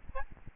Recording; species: mosquito wingbeat signal from an infrared sensor; Aedes albopictus